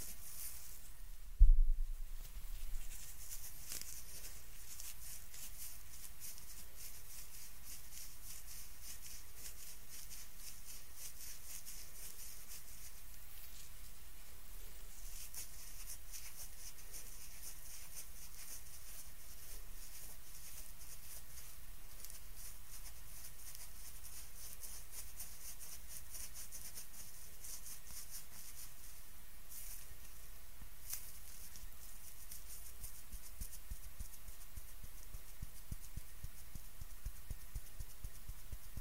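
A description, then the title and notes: A face treatment in a spa, heard as soft, steady brushing and rubbing over a constant quiet hiss. A brief louder knock or bump comes near the start, at about two seconds, then the gentle textured sounds continue evenly to the end. ASMR FACE TREATMENT, ASMR CLEANING YOUR FACE, ASMR FACE TREATMENT SPA, ASMR FACE MASSAGE NO TALKING.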